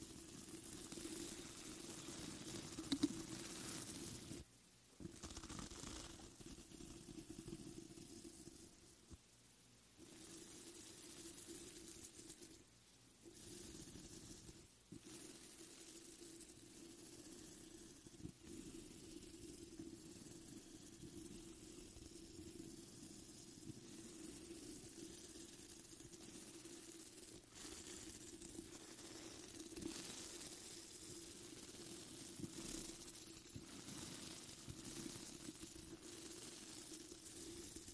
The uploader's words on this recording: ASMR THE ULTIMATE MIC TRIGGER TEST on NEW Blue Yeti Pro (mic brushing, mic scratching, no talking). Mic Brushing on Raw Speaker Grill.